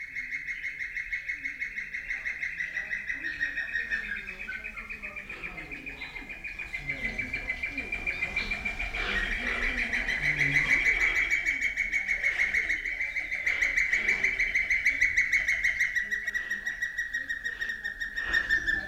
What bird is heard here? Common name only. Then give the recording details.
Spotted Thick-knee. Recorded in captivity. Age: adult. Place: Zoo Berlin, Berlin, DE. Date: 1993-03-06. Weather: 3-6°C, heiter bis wolkig. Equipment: Marantz CP 430, Sennheiser ME 80, Kopie Uher Variocord 263. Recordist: Tembrock, Günter